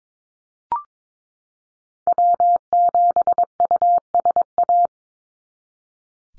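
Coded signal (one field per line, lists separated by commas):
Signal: Morse code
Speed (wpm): 22 wpm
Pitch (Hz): 700 Hz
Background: none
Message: W7USA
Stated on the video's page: Computer-generated Morse drill of common North American SOTA activator callsigns at 22 wpm; each sent, spoken, then sent again.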